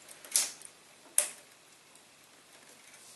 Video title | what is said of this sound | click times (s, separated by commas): How to upgrade Memory (RAM) on your computer | as the white switches come back in the RAM is now locked | 0.4 s, 1.2 s